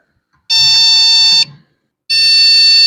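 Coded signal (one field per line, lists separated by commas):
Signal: beep code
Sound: two long harsh buzzing beeps about a second each, separated by a short pause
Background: faint room noise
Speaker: आई नो यू कैन सी अ बिग साउंड व्हिच यूजली मीन्स अ हार्डेबल इशू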